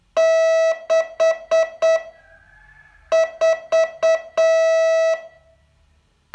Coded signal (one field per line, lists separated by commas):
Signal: Morse code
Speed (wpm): 8 wpm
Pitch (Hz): 650 Hz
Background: none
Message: 6 4